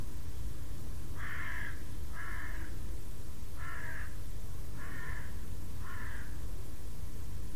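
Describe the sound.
Bird giving five harsh, cawing calls spaced about a second apart, each with layered tones, over a constant loud low rumble.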